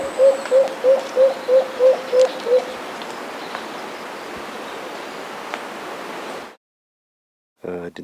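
Black-billed cuckoo-dove giving a quick series of eight low, soft coos, about three each second, over a steady hiss, then a pause and a brief sound.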